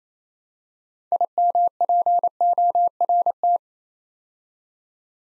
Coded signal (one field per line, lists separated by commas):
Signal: Morse code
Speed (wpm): 28 wpm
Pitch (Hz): 700 Hz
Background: none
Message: IMPORT